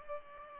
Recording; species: mosquito wingbeat signal from an infrared sensor; Culex pipiens